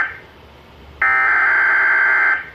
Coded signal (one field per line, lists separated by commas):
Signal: Emergency Alert System (SAME) tones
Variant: header bursts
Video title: (EAS #35) Required Weekly Test 5/8/19